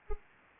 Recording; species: mosquito wingbeat signal from an infrared sensor; Anopheles arabiensis